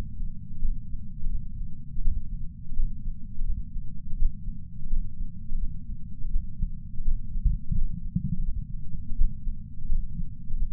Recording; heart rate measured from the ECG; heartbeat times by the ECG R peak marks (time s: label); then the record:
heart sounds by patch sensor on the chest; 84 bpm
0.60 s: heartbeat
1.30 s: heartbeat
2.02 s: heartbeat
2.74 s: heartbeat
3.45 s: heartbeat
4.17 s: heartbeat
4.88 s: heartbeat
5.58 s: heartbeat
6.30 s: heartbeat
7.03 s: heartbeat
7.73 s: heartbeat
8.43 s: heartbeat
9.16 s: heartbeat
9.87 s: heartbeat
10.57 s: heartbeat
From the record:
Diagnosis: coronary artery disease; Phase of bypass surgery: postoperative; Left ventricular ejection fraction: 60.9%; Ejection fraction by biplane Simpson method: 59.5%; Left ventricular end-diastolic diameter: 49 mm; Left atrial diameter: 39 mm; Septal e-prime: 6.3 cm/s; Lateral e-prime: 6.7 cm/s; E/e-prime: 11.5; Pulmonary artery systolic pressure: 33 mmHg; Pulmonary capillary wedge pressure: 2 mmHg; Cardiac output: 6.3 L/min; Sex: male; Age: 71 years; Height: 162 cm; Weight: 75 kg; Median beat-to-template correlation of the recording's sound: 0.79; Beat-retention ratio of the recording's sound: 1.00